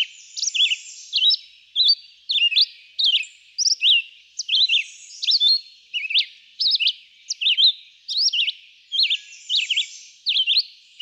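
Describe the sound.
Red-eyed vireo singing a steady stream of brief whistled phrases, rising and falling, with short silences between them.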